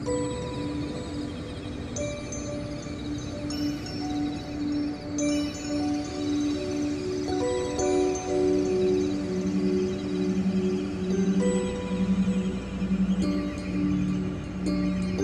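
A stainless steel wave sculpture rings with sustained, shimmering tones as passersby trigger it, layered pitches overlapping and entering every second or two. From about eight seconds a low, pulsing tone swells and wavers beneath, with a steady hum throughout.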